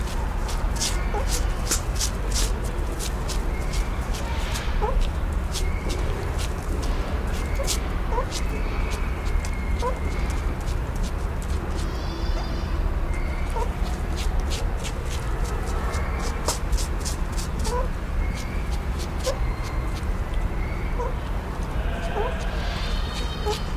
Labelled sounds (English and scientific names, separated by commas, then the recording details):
Banded Mongoose (Mungos mungo) call
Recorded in captivity
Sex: group
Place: Zoo Osnabrück, Niedersachsen, DE
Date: 1991-09-09 11:15
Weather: overcast, 13°C
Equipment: Marantz CP 430, Kopie Tesla B 116
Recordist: Tembrock, Günter
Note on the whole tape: Gruppe in Kontakt: Kurzlaute